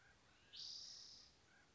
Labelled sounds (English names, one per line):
Spotted Towhee